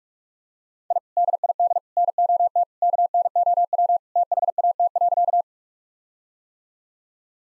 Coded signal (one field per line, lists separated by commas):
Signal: Morse code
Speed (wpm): 46 wpm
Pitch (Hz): 700 Hz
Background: none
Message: I DID NOT KNOW THAT.